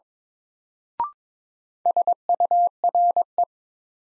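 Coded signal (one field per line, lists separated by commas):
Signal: Morse code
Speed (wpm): 22 wpm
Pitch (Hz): 700 Hz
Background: none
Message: SURE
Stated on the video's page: Morse new-word head-copy drill at 22 wpm; each word is sent, then spoken, then sent again.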